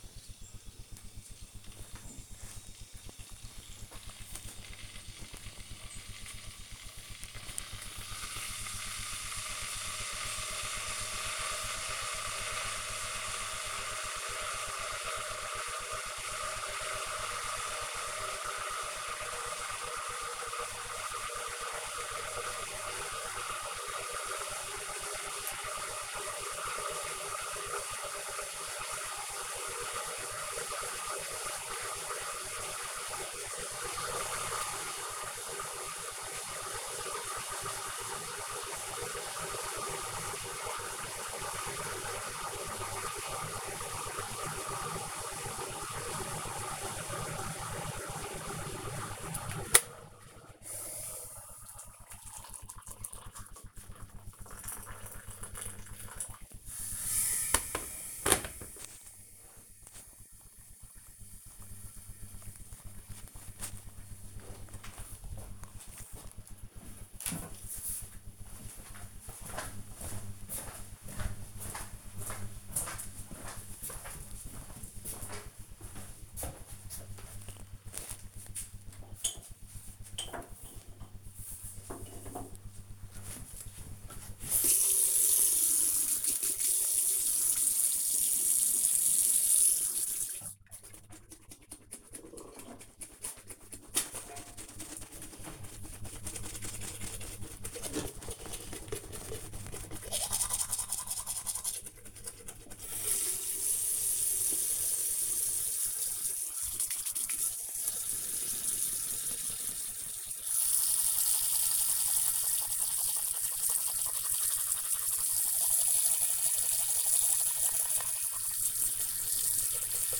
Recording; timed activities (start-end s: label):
household activities, microphone on the right wrist
0.00-63.84 s: making tea
78.90-120.19 s: brushing teeth